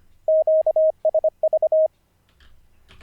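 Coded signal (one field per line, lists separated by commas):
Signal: Morse code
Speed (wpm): 24 wpm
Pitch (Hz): 630 Hz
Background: none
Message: QSV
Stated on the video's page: Daily ten-minute Morse code learning practice, live-streamed, day 45 of 90.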